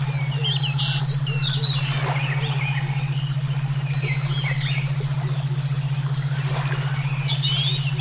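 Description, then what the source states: Birds chirping with short bright whistled notes and trills, set over a steady low droning hum that pulses at a regular beat throughout. Brainwave therapy track for bird-song training (omkicau).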